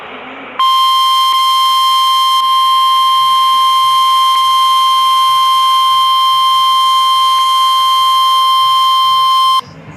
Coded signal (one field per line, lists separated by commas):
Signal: Emergency Alert System (SAME) tones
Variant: 1050 Hz attention tone